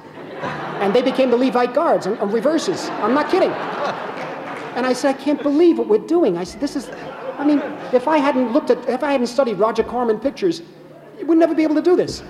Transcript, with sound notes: And they became the Levite guards - reverses. I'm not kidding.
(LAUGHTER)
And I said, I can't believe what we're doing. I said, this is - I mean, if I hadn't looked at - if I hadn't studied Roger Corman pictures, we'd never be able to do this.